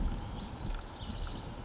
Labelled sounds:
House Wren
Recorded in Sonoma County, California

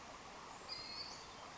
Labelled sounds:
Western Flycatcher
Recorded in Sonoma County, California

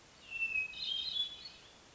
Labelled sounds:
Hermit Thrush
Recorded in Sonoma County, California

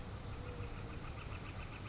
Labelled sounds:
Northern Flicker
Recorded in Sonoma County, California

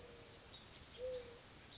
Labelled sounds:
Mourning Dove
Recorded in Sonoma County, California

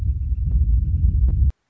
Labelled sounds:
Northern Flicker
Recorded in Sonoma County, California

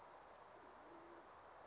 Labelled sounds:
Band-tailed Pigeon
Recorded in Sonoma County, California

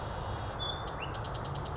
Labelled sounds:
Chestnut-backed Chickadee
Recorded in Sonoma County, California

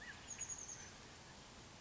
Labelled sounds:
Oak Titmouse
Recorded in Sonoma County, California

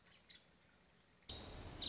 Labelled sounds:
Nuttall's Woodpecker
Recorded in Sonoma County, California

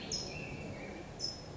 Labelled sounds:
California Towhee
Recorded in Sonoma County, California

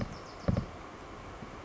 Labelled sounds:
Bewick's Wren
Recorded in Sonoma County, California

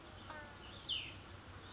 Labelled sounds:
Cassin's Vireo
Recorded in Sonoma County, California

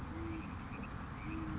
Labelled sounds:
Great Horned Owl
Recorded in Sonoma County, California

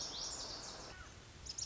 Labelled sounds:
Lazuli Bunting
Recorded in Sonoma County, California

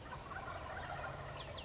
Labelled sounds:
Wild Turkey
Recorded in Sonoma County, California

